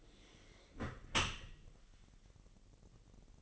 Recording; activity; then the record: daily activity, microphone in the room; close dishwasher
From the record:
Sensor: 4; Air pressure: 1001.4 hPa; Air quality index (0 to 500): 249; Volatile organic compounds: 45 ppm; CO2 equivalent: 3220 ppm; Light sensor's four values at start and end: 8/18/7/6 and 8/18/7/6